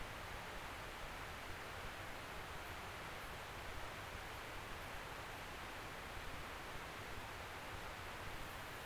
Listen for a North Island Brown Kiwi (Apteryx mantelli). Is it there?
no